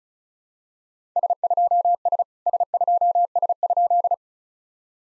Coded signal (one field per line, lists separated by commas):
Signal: Morse code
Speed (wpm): 35 wpm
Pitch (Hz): 700 Hz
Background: none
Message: S2S S2S?